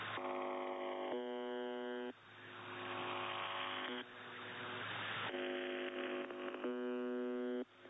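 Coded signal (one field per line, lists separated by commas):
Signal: channel marker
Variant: UVB-76 (The Buzzer)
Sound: two harsh low buzzes, about one second each, amid hissy warbling interference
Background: radio static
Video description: no clue what is happening to the Buzzer this year.. it got some parasite on the carrier wave and now its even stopping transmitting the buzzer but the parasitic audio on it remains hearable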